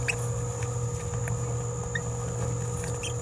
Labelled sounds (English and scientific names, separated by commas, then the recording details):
Green-rumped Parrotlet (Forpus passerinus) babbling
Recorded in a nest box in Venezuela
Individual 18B17A4